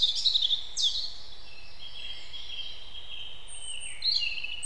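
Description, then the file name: European robin song with a bright opening flourish, then drawn-out high thin notes and a brief closing twitter, over low continuous background noise. "Erithacus rubecula"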